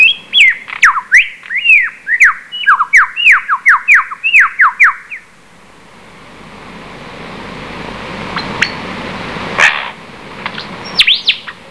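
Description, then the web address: Lyrebird song: a fast run of loud, ringing whistles sweeping down in pitch for five seconds, then windy hiss with a few scattered sharp notes and a final burst of whistles. "coenelemans lyrebird"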